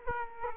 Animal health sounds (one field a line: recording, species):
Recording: mosquito wingbeat signal from an infrared sensor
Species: Aedes aegypti